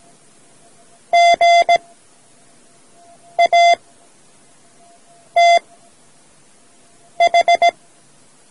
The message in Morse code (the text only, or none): G A T H